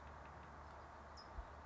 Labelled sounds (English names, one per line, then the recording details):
California Towhee
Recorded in Sonoma County, California